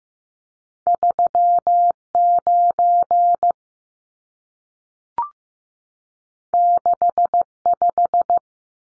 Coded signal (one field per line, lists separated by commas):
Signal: Morse code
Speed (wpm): 15 wpm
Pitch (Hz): 700 Hz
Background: none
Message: 39 65